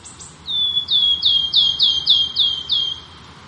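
Wood warbler piping song: two high ticks, then a series of about eight plaintive, descending whistled 'piu' notes repeated every third of a second.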